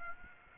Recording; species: mosquito wingbeat signal from an infrared sensor; Aedes aegypti